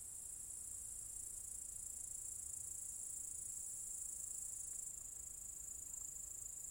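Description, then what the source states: Cicadas, an even, relentless very high buzzing drone over a quiet background. Several cicadas in an apple tree orchard at Zalensų Sodybos, Lithuania, recorded 23 August 2015.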